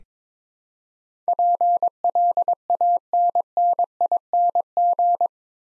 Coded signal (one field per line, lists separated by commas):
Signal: Morse code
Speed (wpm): 22 wpm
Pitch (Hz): 700 Hz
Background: none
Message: PLANNING